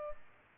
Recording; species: mosquito wingbeat signal from an infrared sensor; Culex pipiens